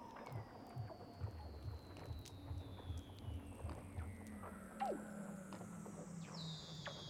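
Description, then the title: Weddell seal calls: slow descending whistles and a sharp downward chirp, over repeated low pulsing grunts and a faint high tone at the end. Recorded underwater. "Douglas Quin - Weddell Seals (Underwater)"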